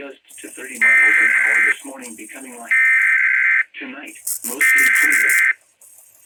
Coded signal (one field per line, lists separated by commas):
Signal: Emergency Alert System (SAME) tones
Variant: header bursts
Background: speech